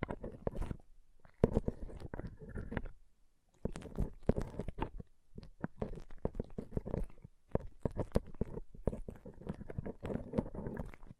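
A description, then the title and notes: Pom poms are squished and rustled in dense, crackly bursts, with sharp soft clicks throughout and brief pauses near one and three seconds. ASMR Ultimate Pom Pom Tingles (No Talking).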